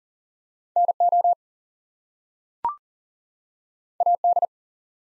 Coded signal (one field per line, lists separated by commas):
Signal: Morse code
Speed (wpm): 40 wpm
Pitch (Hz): 700 Hz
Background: none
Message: NO AD